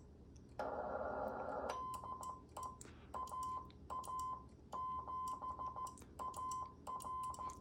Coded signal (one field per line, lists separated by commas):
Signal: Morse code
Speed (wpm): 14 wpm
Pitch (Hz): 1030 Hz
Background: none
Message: DE AA7AR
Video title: Dave wants a QSO w/ the Stack-O-MFJ!